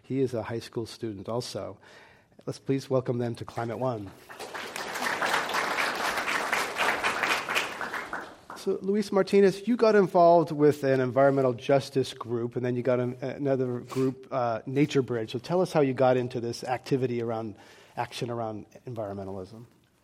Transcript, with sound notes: He is a high school student also. Please welcome them to Climate One.
[Applause]
So Luis Martinez you got involved with an environmental justice group and then you got another group NatureBridge. So tell us how you got into this activity around action around environmentalism.